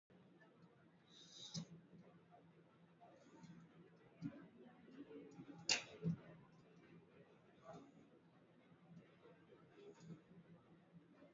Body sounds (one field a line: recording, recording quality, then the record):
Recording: shallow breathing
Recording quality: excellent, no background noise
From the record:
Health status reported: recovered from COVID-19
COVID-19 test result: positive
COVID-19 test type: RT-PCR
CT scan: taken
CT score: 20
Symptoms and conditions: none ticked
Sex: male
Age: 57 years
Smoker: no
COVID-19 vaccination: none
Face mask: not worn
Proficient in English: yes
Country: India